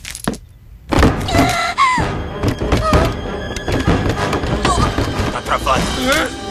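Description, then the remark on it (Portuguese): Heavy, irregular thuds and knocks of someone pounding on a stuck attic door, with strained voices and grunting mixed in among the loud blows. “E nenhuma porta moderninha de sótão vai nos impedir.”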